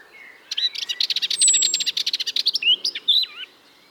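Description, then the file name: Eurasian blackcap song: a rapid scratchy chattering warble that ends in clear fluty whistles, one phrase. "Sylvia atricapilla"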